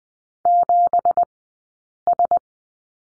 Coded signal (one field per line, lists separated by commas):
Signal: Morse code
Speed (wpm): 19 wpm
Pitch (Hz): 700 Hz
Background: none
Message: 7S